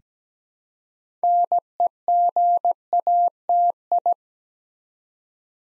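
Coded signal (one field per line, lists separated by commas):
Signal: Morse code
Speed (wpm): 17 wpm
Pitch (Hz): 700 Hz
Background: none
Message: NEGATI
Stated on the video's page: Morse practice at 17 wpm building 8-letter words two letters at a time, for instant character recognition.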